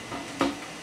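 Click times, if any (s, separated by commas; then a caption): 0.4 s. A slot-type CPU cartridge is fitted into a motherboard slot, and its retention latches lock it into place. A single sharp click is heard at 0.4 s. The cartridge is seated.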